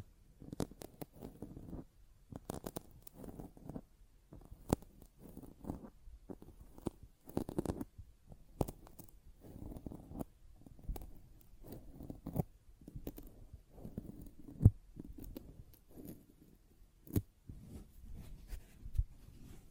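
A sponge being worked with repeated squishing and scratching strokes, packed densely across the whole clip. Sharp bright clicks and snaps cut through every second or so, with louder ones near 15 and 17 seconds, over a low, wet, gurgling texture.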